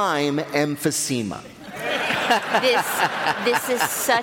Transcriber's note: laughter